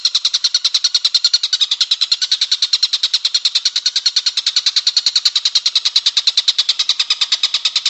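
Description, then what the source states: Bird singing a fast, even train of bright high-pitched notes, held without pause throughout. Masteran compilation of bird song, used as training for caged songbirds.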